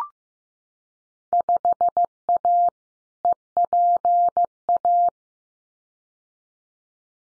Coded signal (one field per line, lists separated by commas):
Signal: Morse code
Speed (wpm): 15 wpm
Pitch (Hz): 700 Hz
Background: none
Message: 5A EPA